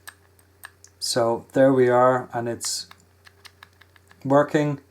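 Someone handles the metal button locking ring on a vape mod tube after test-firing the button, getting ready to turn it back to the locked position. Small light taps and clicks are heard between stretches of talking. The ring has not yet clicked back to locked; nothing has seated yet.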